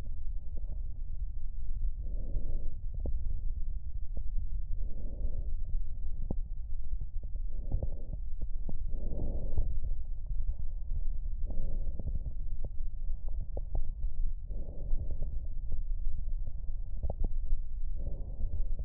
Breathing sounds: lung sounds by stethoscope; left anterior apical chest; quiet breathing, then deep breathing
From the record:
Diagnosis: interstitial lung disease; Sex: female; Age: 74 years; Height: 150 cm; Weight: 69.8 kg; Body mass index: 31.0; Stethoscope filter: extended mode

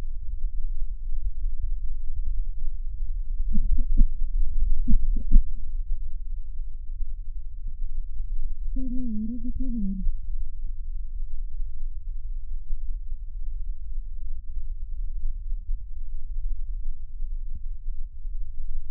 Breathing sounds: lung sounds by stethoscope; right posterior basal chest; quiet breathing, then cough and speech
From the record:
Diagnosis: interstitial lung disease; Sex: female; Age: 60 years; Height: 152 cm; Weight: 55.9 kg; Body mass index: 24.2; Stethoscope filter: bell mode

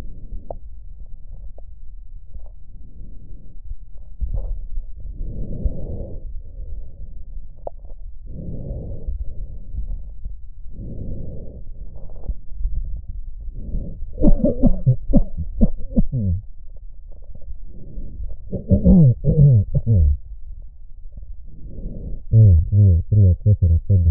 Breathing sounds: lung sounds by stethoscope; left posterior basal chest; quiet breathing, then cough and speech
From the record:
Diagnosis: none (healthy); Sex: male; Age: 45 years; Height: 173 cm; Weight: 92 kg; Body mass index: 30.7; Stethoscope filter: extended mode

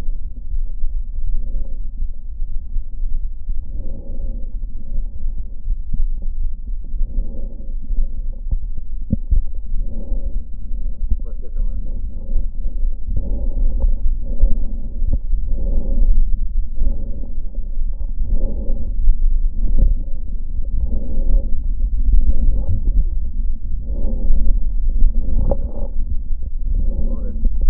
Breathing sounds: lung sounds by stethoscope; left posterior apical chest; quiet breathing, then deep breathing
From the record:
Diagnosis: COPD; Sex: female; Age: 80 years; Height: 160 cm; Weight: 62 kg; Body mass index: 24.2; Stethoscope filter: diaphragm mode

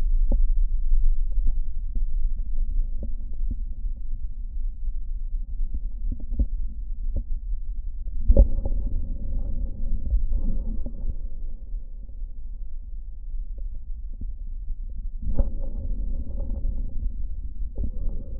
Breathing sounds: lung sounds by stethoscope; right posterior basal chest; quiet breathing, then deep breathing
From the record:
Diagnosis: COPD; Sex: male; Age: 59 years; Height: 171 cm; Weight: 91.4 kg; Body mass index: 31.3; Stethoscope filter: diaphragm mode

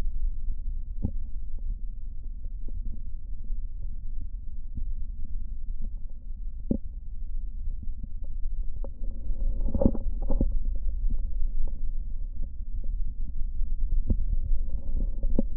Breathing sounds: lung sounds by stethoscope; left posterior basal chest; quiet breathing, then deep breathing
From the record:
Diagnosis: COPD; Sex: male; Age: 70 years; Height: 174 cm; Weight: 94 kg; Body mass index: 31.0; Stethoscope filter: diaphragm mode

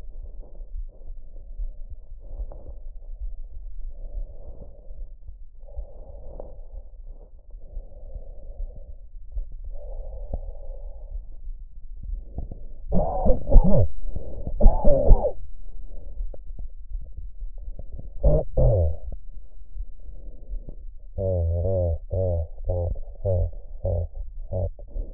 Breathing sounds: lung sounds by stethoscope; trachea; quiet breathing, then cough and speech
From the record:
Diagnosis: none (healthy); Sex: male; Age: 34 years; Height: 174 cm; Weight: 93 kg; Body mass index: 30.7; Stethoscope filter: extended mode

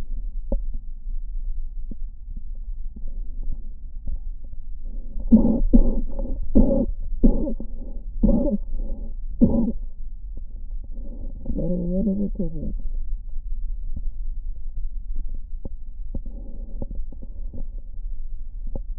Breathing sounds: lung sounds by stethoscope; left posterior basal chest; quiet breathing, then cough and speech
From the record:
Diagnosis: asthma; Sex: female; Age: 77 years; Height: 160 cm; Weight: 68.7 kg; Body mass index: 26.6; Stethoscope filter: diaphragm mode

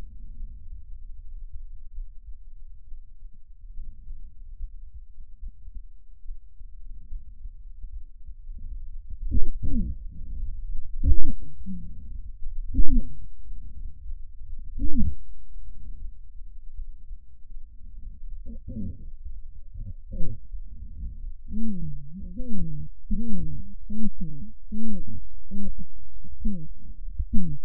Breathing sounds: lung sounds by stethoscope; left anterior apical chest; quiet breathing, then cough and speech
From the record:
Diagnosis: interstitial lung disease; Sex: female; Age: 72 years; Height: 153 cm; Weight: 71 kg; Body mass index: 30.3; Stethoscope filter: bell mode

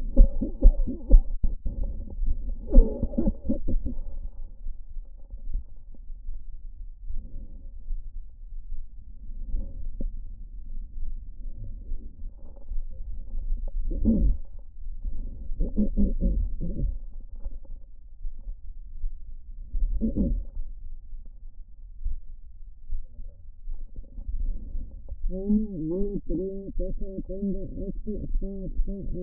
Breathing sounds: lung sounds by stethoscope; left posterior basal chest; quiet breathing, then cough and speech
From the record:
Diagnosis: pulmonary infection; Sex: female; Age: 74 years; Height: 160 cm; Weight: 66 kg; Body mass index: 25.8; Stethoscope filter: diaphragm mode

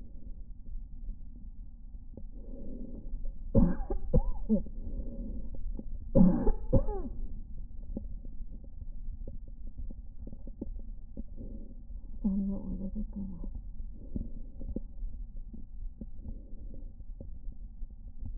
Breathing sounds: lung sounds by stethoscope; left anterior apical chest; quiet breathing, then cough and speech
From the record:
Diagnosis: interstitial lung disease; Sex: female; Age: 53 years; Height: 168 cm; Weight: 108 kg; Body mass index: 38.3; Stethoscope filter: diaphragm mode

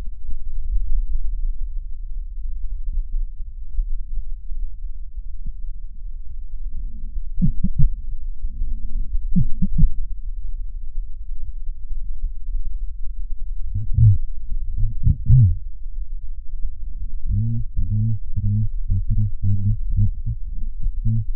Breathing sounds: lung sounds by stethoscope; left posterior basal chest; quiet breathing, then cough and speech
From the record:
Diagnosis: none (healthy); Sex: male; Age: 29 years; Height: 180 cm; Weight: 100 kg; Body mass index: 30.9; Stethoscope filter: bell mode

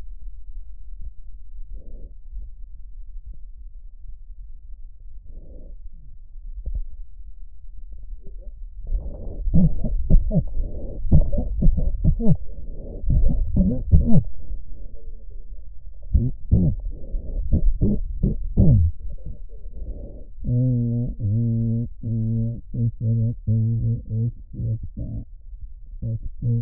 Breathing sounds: lung sounds by stethoscope; left posterior basal chest; quiet breathing, then cough and speech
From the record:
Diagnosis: pulmonary infection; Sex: male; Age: 86 years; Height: 165 cm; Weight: 65 kg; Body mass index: 23.9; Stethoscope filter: extended mode

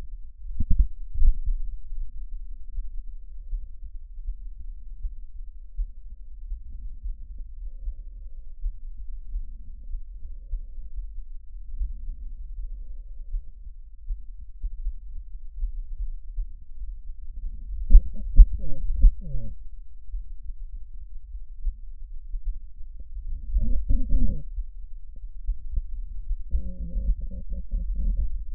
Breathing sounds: lung sounds by stethoscope; trachea; quiet breathing, then cough and speech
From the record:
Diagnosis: COPD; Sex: female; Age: 72 years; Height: 156 cm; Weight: 72 kg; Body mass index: 29.6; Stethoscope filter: bell mode

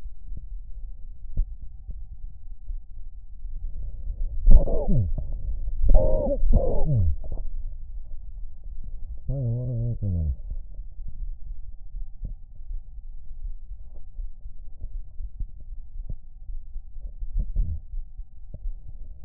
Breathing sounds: lung sounds by stethoscope; left anterior apical chest; quiet breathing, then cough and speech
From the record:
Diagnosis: interstitial lung disease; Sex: male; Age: 61 years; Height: 172 cm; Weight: 71 kg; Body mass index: 24.0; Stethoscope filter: extended mode

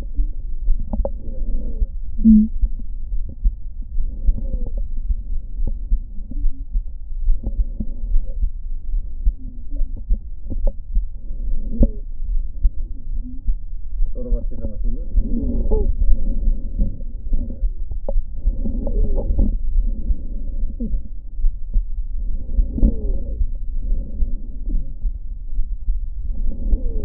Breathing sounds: lung sounds by stethoscope; right posterior basal chest; quiet breathing, then deep breathing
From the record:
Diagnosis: asthma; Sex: female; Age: 56 years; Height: 161 cm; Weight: 85 kg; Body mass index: 32.8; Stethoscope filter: diaphragm mode

